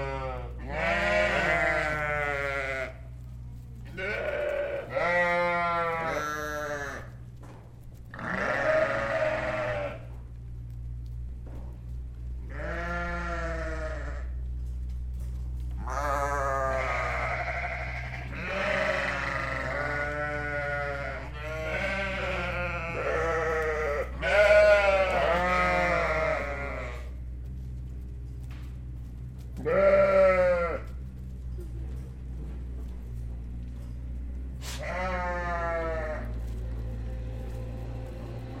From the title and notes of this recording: The best sheep sounds I’ve ever recorded.